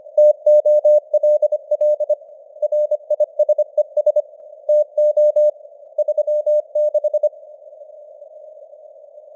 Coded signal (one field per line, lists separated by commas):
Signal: Morse code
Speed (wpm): 25 wpm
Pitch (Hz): 600 Hz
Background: none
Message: TOLL RISES TO 36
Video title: Morse Code News | 2025-10-02 | 25wpm